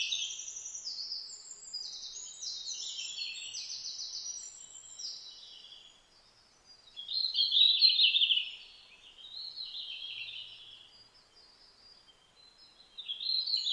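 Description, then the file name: Red-flanked bluetail song: short high warbled phrases, several overlapping near the start, then further brief bursts spaced a couple of seconds apart, over a quiet background. Recorded on 12 July 2009 at about 07:27. "ruribitaki-20090712"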